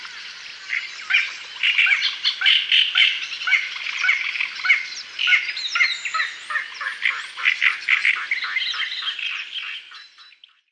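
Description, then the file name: Little crake giving a series of clipped call notes amid busy, high-pitched chattering and squawking. "zielonka"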